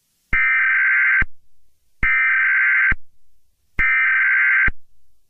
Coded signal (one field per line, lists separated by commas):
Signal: Emergency Alert System (SAME) tones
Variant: header bursts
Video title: EAS Scenario #67: Entities of Unknown Reforged